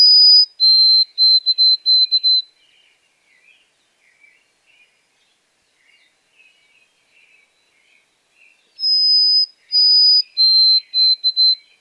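White-throated sparrow whistled song, given twice: high clear whistles dropping to a lower pitch, then several quick repeated notes; faint soft twittering between the songs.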